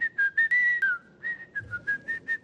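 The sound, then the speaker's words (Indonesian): A person whistles a simple tune while performing wudu (ritual ablution): a long held note, then a string of short, evenly spaced chirpy notes at a fairly high, steady pitch, with no talking. “Wuduk sambil siul-siul.”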